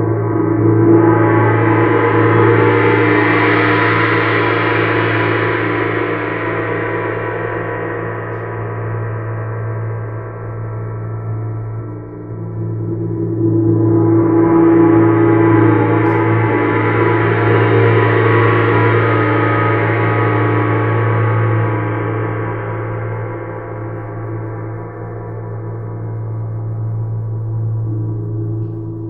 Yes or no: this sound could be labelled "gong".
yes